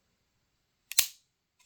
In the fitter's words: will snap into place so this will drop down